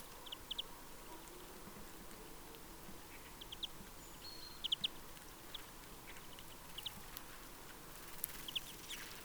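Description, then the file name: European greenfinch giving short bursts of two or three ticking notes, repeated irregularly, against a constant rushing background noise. "Chloris chloris"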